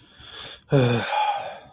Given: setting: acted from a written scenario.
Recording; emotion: vocal sound without words; guilt